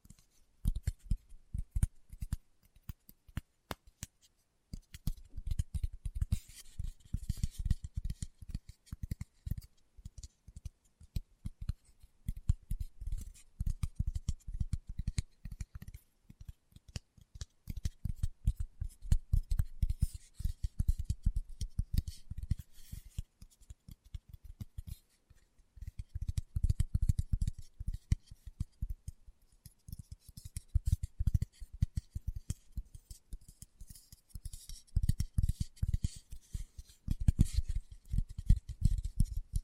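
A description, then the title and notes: Fingertips tap rapidly and continuously in dense flurries, each tap a soft low thud with a crisp, clicky edge on top. The tapping comes in bursts of a few seconds with brief gaps, notably around the 4 and 25 second marks. ASMR Tapping with Fingertips (No Talking).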